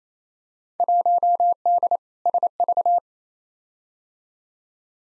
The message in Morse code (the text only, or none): 1D SV